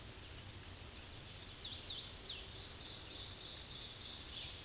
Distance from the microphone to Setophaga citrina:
about 70 m